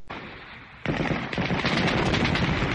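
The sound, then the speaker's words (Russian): A loud volley of gunfire breaks out as soldiers fire at a German soldier, who flees into a forest, and shots ring back from the forest, with dense rapid shots crackling together after a brief quieter opening, continuing as sustained, overlapping bursts with no voices. “Мы дали по нему залп, и он, бросив все, поспешно скрылся в лесу. Оттуда тоже загремели выстрелы.”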